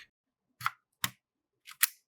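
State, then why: Seated. A RAM memory module is pushed down on both sides into a motherboard memory slot until the retaining tabs lock. Sharp clicks sound at 1.0 s and 1.8 s after an earlier softer snap, and the module is seated.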